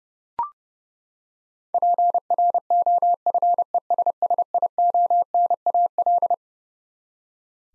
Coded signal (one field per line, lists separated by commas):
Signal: Morse code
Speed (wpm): 30 wpm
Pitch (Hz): 700 Hz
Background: none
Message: PROFESSIONAL